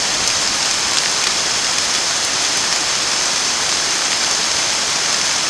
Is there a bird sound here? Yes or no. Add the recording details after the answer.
no. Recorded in dense forest near Puerto Asís, Putumayo, Colombia, on 30 June 2025 at 15:00. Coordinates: 0.486, -76.317. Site G065